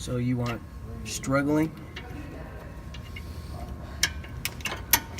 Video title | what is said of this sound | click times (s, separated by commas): Changing lug stud and rotor | It clips back in. | 4.0 s, 4.4 s, 4.9 s